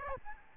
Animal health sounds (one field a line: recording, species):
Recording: mosquito wingbeat signal from an infrared sensor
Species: Aedes albopictus